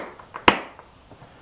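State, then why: Seated. A plastic double-throw latch on a Pelican 1560 hard-shell equipment case, fitted with Kaizen foam for a DJI Phantom 2, is pushed closed. It gives a small click at 0.4 s and then a much louder, sharp click at 0.5 s, with faint ticks before and after. The latch seats and locks shut.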